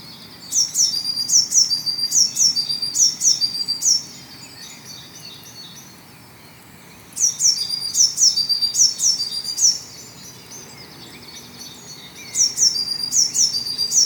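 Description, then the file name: Eurasian blue tit repeating high, thin descending calls with buzzy tails in three separate series, quiet gaps between them. "Cyanistes caeruleus"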